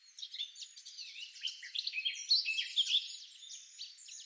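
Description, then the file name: Eurasian wren song: a continuous jumble of rapid, high-pitched trills and twitters. "Troglodytes troglodytes"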